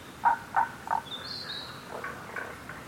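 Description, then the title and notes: Tago's brown frog calls: three short low croaks about a third of a second apart, then softer similar notes, with a thin high bird whistle over a quiet forest background. Subspecies Rana tagoi tagoi; Kasugayama primeval forest, Nara, Japan; recorded 21 May 2017. "170521Rana tagoi tagoi in Kasugayama primeval forest by ototamari"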